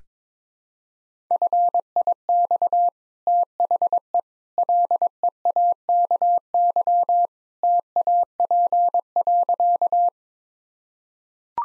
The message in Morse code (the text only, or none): FIX THE LEAKY TAP.